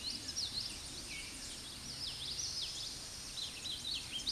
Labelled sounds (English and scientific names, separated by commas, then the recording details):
Common Yellowthroat (Geothlypis trichas) song
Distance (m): 30 m
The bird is about 5 m above the microphone
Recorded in a Pennsylvania forest on 16 May 2024 at 09:50
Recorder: AudioMoth, point MSD-2304
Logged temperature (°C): 16.0 °C
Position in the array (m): 225 m, 186 m